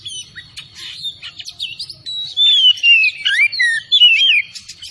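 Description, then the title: Oriental magpie-robin delivering quick varied whistles, softer at first, then loud falling and rising slurred notes in rapid succession. Singing vigorously (gacor); bird labelled Tretes. "Kacer Tretes"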